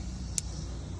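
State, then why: Seated. A nine-pin J1939 round cable connector, lined up by its red and white marks, is pushed onto a vehicle diagnostic port against a steady low rumble. A single sharp click sounds at 0.4 s as the connector snaps into place and is seated.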